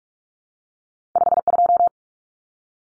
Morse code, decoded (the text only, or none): 52